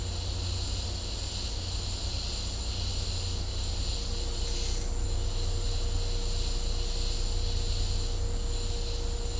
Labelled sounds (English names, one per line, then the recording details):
none
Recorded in dense forest near Puerto Asís, Putumayo, Colombia, on 16 December 2024 at 14:00
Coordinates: 0.503, -76.323
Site G043